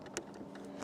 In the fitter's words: and it's clicked it's clicked